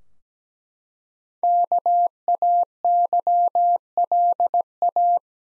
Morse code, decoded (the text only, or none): KAYLA